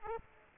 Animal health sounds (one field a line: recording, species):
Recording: mosquito wingbeat signal from an infrared sensor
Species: Aedes aegypti